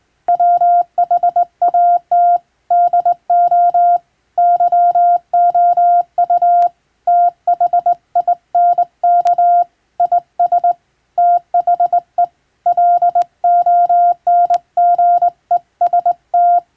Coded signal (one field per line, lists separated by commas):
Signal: Morse code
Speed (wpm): 21 wpm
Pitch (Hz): 700 Hz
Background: none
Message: WHAT DO YOU THINK IS THE LONGEST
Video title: 【船舶無線通信士】手打ちで打つ懐かしいモールス符号、昔はラジオでよく聞こえました。船と陸との唯一の通信手段、大変貴重な無線通信でした。受信トレーニングにどうぞ morse code practice